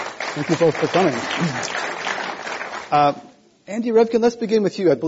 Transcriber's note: applause